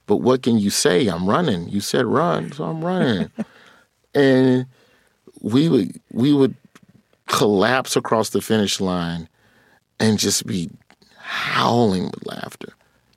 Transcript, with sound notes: But what can you say? I'm running. You said run, so I'm running.
(Laughter).
And we would collapse across the finish line and just be howling with laughter.